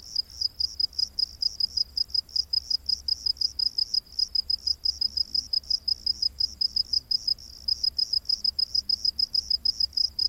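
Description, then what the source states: Cricket producing a fast, high-pitched chirping series of closely packed pulses, with brief dips in loudness. Rainforest at night.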